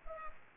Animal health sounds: mosquito wingbeat signal from an infrared sensor; Culex pipiens

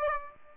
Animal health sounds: mosquito wingbeat signal from an infrared sensor; Aedes aegypti

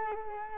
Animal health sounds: mosquito wingbeat signal from an infrared sensor; Culex quinquefasciatus

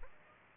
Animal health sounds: mosquito wingbeat signal from an infrared sensor; Aedes aegypti

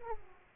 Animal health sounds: mosquito wingbeat signal from an infrared sensor; Aedes aegypti

